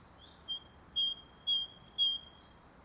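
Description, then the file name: Great tit singing: clean high whistled notes alternating between two pitches, about eight quick notes over two seconds, with quiet background. "Parus major"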